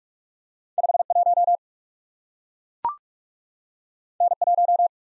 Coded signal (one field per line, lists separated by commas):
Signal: Morse code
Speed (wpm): 44 wpm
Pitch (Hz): 700 Hz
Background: none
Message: 5 1 N 1